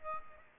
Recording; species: mosquito wingbeat signal from an infrared sensor; Aedes aegypti